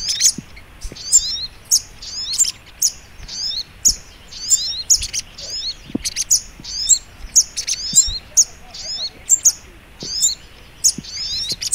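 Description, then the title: Little Spiderhunter song: high, thin, twittering chirps delivered in fast repeated bursts, close together and sustained throughout over low background hiss. Training (masteran) song in the Labaik style. "Masteran Burung Sogok Ontong Labaik"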